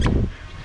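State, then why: Seated. A rod holder bracket on a Feelfree Lure 11.5 Overdrive pedal kayak is loosened, slid to a new position along the kayak accessory track, and re-locked. One short hit at 0.1 s marks the bracket locking back onto the track, followed by low rumbling noise. The bracket is seated and locked into place.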